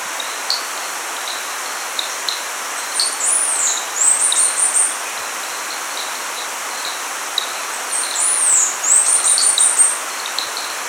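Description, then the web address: Bird singing very high, thin, slurred phrases of rising and falling notes, two bursts several seconds apart, with softer short notes lower down over steady hiss. "BIRD 2015 SABIOD bird 2015"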